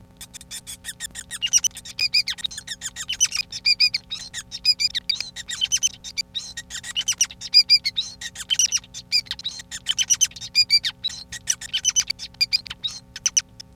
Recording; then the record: song of a male Bengalese finch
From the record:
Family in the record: son of father 5